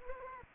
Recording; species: mosquito wingbeat signal from an infrared sensor; Aedes aegypti